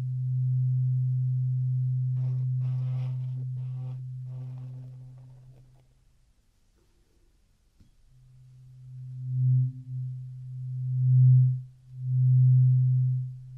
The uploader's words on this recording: ASMR Traditional Chinese Ear Cleaning and Earwax Removal (No Talking).